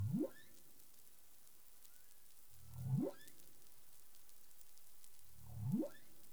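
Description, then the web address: Humpback whale calls: three rising moans that climb sharply from a low pitch, repeated roughly every three seconds over a steady underwater hiss. 20 April 2021 at 04:14 UTC. "humpback whale 20210420 041442 UTC"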